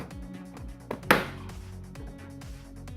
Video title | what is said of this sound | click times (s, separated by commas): DSC Neo(3) | should just snaps in place next | 1.1 s